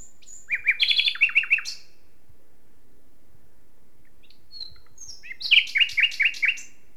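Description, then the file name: Common nightingale song with a high whistle leading into a rich run of repeated liquid notes, a silent gap, then a thin whistle and another throaty repeated phrase. "Luscinia megarhynchos"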